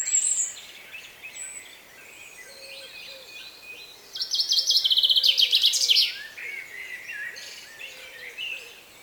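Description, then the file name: Common chaffinch song: one brisk two-second burst of rapid, bright repeated notes dropping in steps and ending in a short flourish, with faint chirps from other birds. "Fringilla coelebs"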